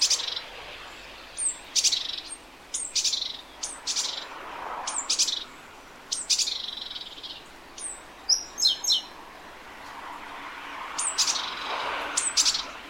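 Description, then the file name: Great tit calling with a series of short high notes and rasping buzzy bursts. "Parus major"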